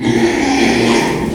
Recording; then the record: squeal of a Yucatan mini pig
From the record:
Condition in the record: after surgery on the right vocal fold (resection and tissue-engineered implant); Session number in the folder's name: 2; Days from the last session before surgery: 13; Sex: male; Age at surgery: 12 weeks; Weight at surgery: 13 kg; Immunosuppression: cyclosporine, prednisolone